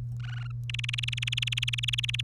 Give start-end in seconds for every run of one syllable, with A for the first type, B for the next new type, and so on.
0.20-0.51 A, 0.69-2.21 B